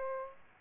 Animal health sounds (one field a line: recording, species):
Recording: mosquito wingbeat signal from an infrared sensor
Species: Aedes aegypti